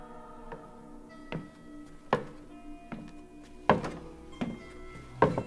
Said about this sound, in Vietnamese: Còn đang suy nghĩ mông lung thì đột nhiên bà nghe có tiếng động. Cái tiếng cồm cộp tựa như là ai đó đang nện cái gì xuống dưới sàn.